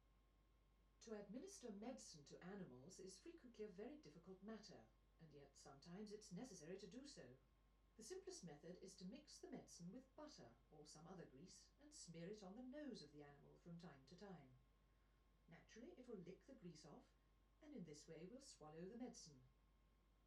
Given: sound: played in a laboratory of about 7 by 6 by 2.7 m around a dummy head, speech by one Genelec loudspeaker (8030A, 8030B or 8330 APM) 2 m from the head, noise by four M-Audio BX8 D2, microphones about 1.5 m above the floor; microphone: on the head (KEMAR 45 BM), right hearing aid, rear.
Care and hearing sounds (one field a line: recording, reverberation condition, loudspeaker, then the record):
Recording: female speech in English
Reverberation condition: low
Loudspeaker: 30 degrees to the left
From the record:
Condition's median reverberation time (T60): about 310 ms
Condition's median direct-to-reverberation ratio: about 3.5 dB